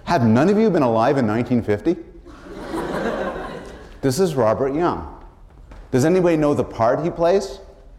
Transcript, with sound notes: Have none of you been alive in 1950? [laughter] This is Robert Young. Does anybody know the part he plays?